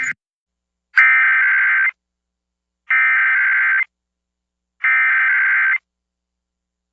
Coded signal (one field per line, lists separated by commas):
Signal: Emergency Alert System (SAME) tones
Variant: header bursts